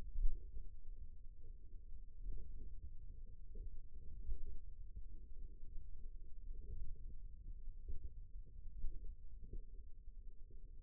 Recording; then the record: forearm muscle sounds (acoustic myography)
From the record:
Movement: finger pinch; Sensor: system 2, bracelet of six BSWA MPA416 microphones around the upper forearm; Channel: 3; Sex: male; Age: 22 years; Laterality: right